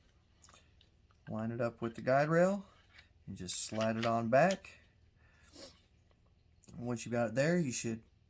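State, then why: Not seated. During reassembly of an FMK 9C1 Gen2 pistol, the steel slide is lined up with the frame rails and slid back onto the polymer frame while someone talks. Faint handling ticks are heard at about 0.4, 0.8, 1.1 and 6.6 seconds. The slide has not yet been pulled into place, so nothing has seated or clicked yet.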